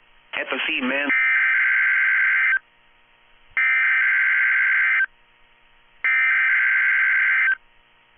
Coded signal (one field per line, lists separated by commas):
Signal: Emergency Alert System (SAME) tones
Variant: header bursts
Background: speech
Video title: Weather Radio Wednesday RWTs (EAS #965-#975)